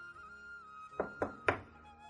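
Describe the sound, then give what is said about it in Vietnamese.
Three sharp knocks on a door, evenly spaced, the last one slightly louder, over a quiet sustained tonal hum in the background. “Ba tiếng, có người gõ cửa.”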